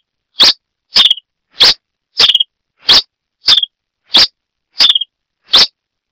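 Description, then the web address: Red-crested finch giving sharp, clicky chip notes about every two-thirds of a second, every other note ending in a short flat whistle; otherwise silent. "sonidos Coryphospingus cucullatus - Brasita de fuego"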